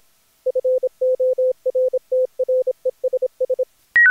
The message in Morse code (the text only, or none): FORTRESS